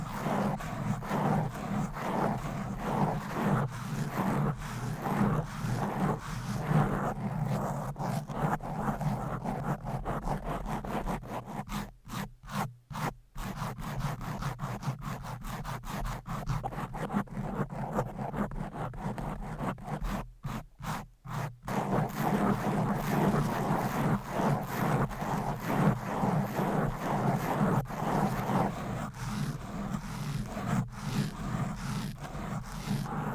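Fast, aggressive scratching on a microphone with covers and nails, a dense, continuous rasping with a strong low hum underneath. The texture shifts as different mics are used, with brief sharp cut-outs and pauses around 12–13 and 20–21 seconds.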